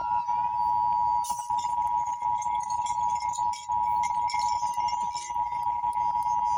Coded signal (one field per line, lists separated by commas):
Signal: Emergency Alert System (SAME) tones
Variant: 853 and 960 Hz attention tone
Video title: Wednesday November 12 Emergency Alert System 9:30 PM